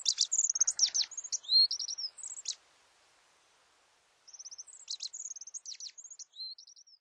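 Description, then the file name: Japanese accentor song: high, fast, twittering phrases with short rising slurred notes, a pause of over a second, then another similar burst. Recorded at Norikura, Japan, on 29 May 2010. "kayakuguri 100529 norikura hotta"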